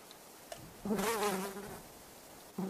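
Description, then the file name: Fly buzzing, a single steady wavering drone lasting about a second, then a brief new burst at the end over quiet background. Flies buzzing. "suono Mosche che ronzano"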